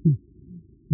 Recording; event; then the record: neck accelerometer signal played as sound; no cough (speech, laughter, throat clearing or background)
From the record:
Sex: male